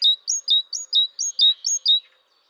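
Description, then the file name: Great tit singing a short burst of several crisp two-note phrases, each high note sliding down to a lower one. "Parus major"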